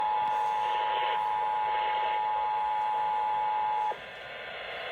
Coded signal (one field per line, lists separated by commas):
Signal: Emergency Alert System (SAME) tones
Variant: 853 and 960 Hz attention tone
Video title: North Carolina Amber Alert on WKQC, WNKS, WBAV, WFAE, and WLNK 8/10/22 (EAS 1005-1009)